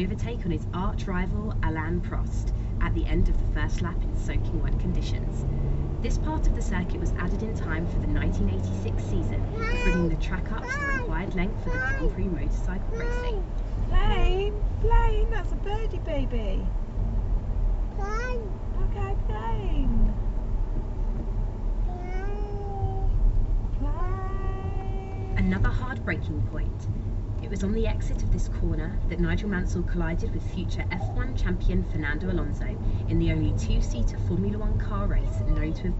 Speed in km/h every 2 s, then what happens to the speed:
32, 39, 50, 61, 68, 66, 63, 61, 58, 56, 47, 42, 35, 35, 35, 39, 37, 39.
0-8 speeds up to 68. 8-24 slows to 35. 24-36 steady at about 35.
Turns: 23-31.